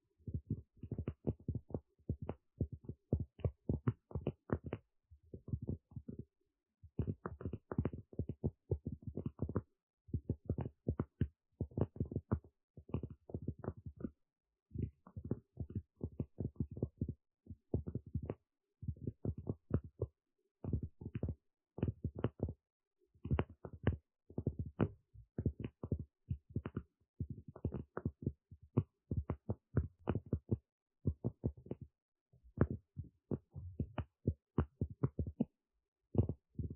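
Tapping in quick, irregular bursts runs through the whole clip, each tap a short dull knock with little brightness. The taps cluster in flurries separated by brief silences, with a few longer gaps near six and fifteen seconds. Nothing else is heard between them.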